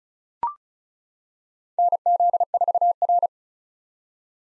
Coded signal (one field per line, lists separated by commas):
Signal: Morse code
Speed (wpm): 34 wpm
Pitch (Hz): 700 Hz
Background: none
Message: NZ4R